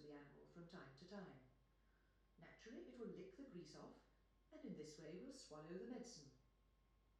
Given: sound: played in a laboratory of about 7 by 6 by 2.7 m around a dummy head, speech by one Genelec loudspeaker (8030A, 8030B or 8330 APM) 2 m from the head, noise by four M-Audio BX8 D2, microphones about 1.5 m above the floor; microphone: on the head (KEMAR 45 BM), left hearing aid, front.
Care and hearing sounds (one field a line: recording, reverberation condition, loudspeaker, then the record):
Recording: female speech in English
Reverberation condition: medium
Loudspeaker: 60 degrees to the right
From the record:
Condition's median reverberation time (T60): about 510 ms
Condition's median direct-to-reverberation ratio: about -0.5 dB